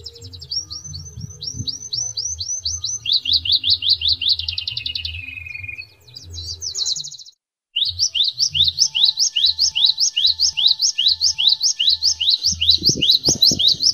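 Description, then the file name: Atlantic canary singing rapid repeated upswept notes, switching to a lower rolling trill, briefly pausing, then resuming a long run of sharp rising notes; a low hum underneath. Canary singing Indonesian trained song with 'isian glawing' filler material. "suara kenari isian glawing omkicau"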